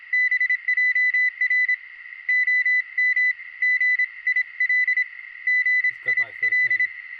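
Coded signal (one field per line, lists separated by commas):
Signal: Morse code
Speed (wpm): 27 wpm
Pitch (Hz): 2000 Hz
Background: speech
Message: BJR OM GIL GIL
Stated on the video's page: Portable field operation from a plateau attempting a scheduled contact.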